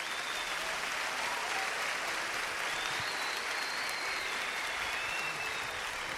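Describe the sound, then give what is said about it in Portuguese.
A crowd claps steadily for several seconds, a dense, even wash of many hands with no pauses and no voices rising above it. “pode aplaudir.”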